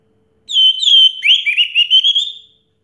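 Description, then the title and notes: Orange-headed thrush song: one loud, sustained whistled phrase lasting about two seconds, starting steady then breaking into quick rising and falling warbled notes. Song in the teler style, described as clear-voiced; from a complete collection of this species' sounds. "Anis Merah Teler Suara Jernih. kumpulan suara anis merah lengkap"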